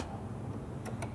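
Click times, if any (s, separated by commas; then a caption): 0.9 s, 1.0 s. A wiring connector is pushed back onto the headlight bulb of an Indian Chieftain motorcycle over a steady low rumble. Two short, sharp clicks come at 0.9 s and 1.0 s, and the connector is seated on the bulb.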